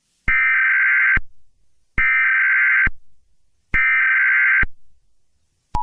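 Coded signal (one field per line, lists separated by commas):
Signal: Emergency Alert System (SAME) tones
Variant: header bursts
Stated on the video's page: Fictional EAS scenario, simulated alert tones.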